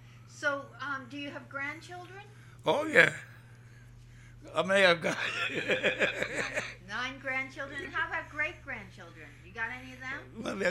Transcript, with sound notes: So, uh, do you have grandchildren?
Oh, yeah. How many I got? ( he laughs )
Nine.
Nine grandchildren. And how about great-grandchildren? You got any of them?